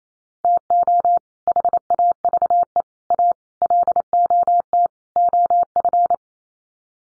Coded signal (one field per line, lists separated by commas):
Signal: Morse code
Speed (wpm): 28 wpm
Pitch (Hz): 700 Hz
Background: none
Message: TO HAVE A LOT OF